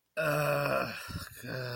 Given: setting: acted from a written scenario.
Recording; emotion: vocal sound without words; guilt